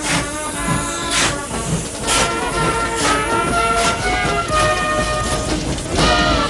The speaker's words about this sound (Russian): Поезд набирает ход.